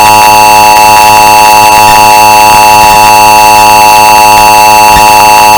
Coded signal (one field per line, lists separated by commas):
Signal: Emergency Alert System (SAME) tones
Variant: 853 and 960 Hz attention tone